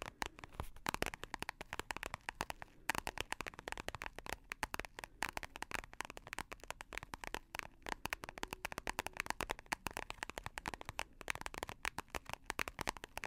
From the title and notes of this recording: ASMR Dark & Relaxing Tapping For Sleep (No Talking).